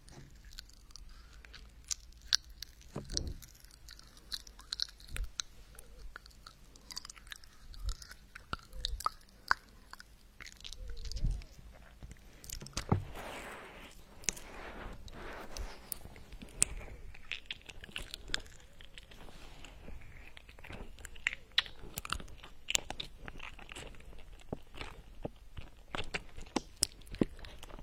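Popping candy crackles inside a mouth, with sharp tiny snaps scattered irregularly across the whole stretch. The popping thickens into a busier fizz from about 13 to 17 seconds, with occasional soft low thumps of the mouth moving.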